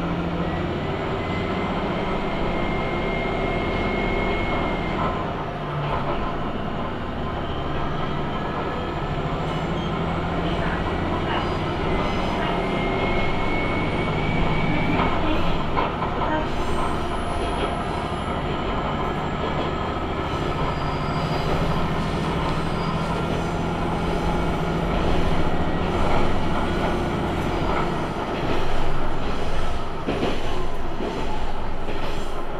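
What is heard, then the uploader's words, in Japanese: A ride on the Tenryu Hamanako Railroad, with a steady, dense low rumble of the train running the whole way through. A thin high whine drifts in and out above the drone, and sharp clicks of the wheels over rail joints come through near the end. 天竜浜名湖鉄道 金指→西気賀→金指 往復。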